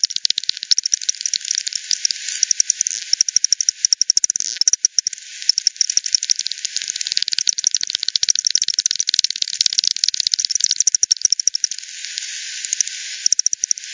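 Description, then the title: Bats ticking steadily in quick overlapping pulse trains, with denser rattling runs around four to five and eleven seconds and a brief lull near twelve seconds. Multiple bats at Hogsmill River, Hogsmill Lane, 7 October 2020, 18:10 UTC; recorded through a frequency-division bat detector (divide by ten), band-pass filtered and resampled. "bat 20201007 T 18 : 10 Z-Hogsmill-Lane-Hogsmill-River-multiple-bats-FD 10"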